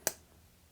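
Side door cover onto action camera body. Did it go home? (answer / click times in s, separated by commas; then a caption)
yes / 0.1 s. The plastic side door cover of an Osmo Action 4 / Action 5 Pro action camera is pressed closed onto the camera body. A single sharp, bright snap at 0.07 s is followed by near silence. The door is seated shut.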